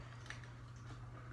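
A plastic part of a Transformers MPM-9 Jazz transforming robot figure is pushed down toward its slot during handling, with faint handling ticks around 0.3 s and 0.4 s over a steady low hum. The part has not seated or clicked into place yet.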